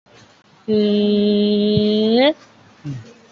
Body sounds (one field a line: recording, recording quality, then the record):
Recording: sustained vowel as in made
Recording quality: excellent, no background noise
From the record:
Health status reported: COVID-19 positive, mild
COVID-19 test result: positive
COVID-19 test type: RT-PCR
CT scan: not taken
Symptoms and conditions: cough, fatigue, hypertension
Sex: female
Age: 75 years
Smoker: no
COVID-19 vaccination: one dose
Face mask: worn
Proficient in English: no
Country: India